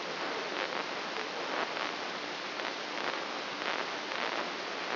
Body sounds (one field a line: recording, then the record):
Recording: brain microelectrode recording played as sound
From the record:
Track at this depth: outside the subthalamic nucleus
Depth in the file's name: 6.861 mm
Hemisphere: left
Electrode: 3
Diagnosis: Parkinson's disease